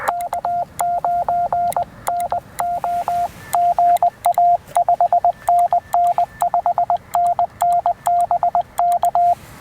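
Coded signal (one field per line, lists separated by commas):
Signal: Morse code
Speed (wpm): 20 wpm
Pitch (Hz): 690 Hz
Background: radio noise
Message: K9NO GA 5NN 5NN BK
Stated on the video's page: Two-watt POTA CW activation with a Penntek TR-45L and an Elecraft AX2 antenna.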